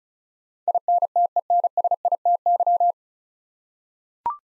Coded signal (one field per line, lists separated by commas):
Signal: Morse code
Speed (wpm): 36 wpm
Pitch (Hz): 700 Hz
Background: none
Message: INTENSITY